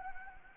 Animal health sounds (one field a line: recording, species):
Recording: mosquito wingbeat signal from an infrared sensor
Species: Anopheles gambiae